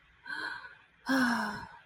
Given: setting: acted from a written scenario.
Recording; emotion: vocal sound without words; serenity